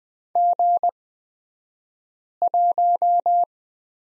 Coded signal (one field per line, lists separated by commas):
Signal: Morse code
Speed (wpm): 20 wpm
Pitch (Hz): 700 Hz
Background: none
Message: G1